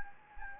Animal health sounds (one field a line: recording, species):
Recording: mosquito wingbeat signal from an infrared sensor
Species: Anopheles gambiae